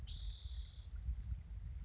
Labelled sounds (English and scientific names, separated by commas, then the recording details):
Spotted Towhee (Pipilo maculatus)
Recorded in Sonoma County, California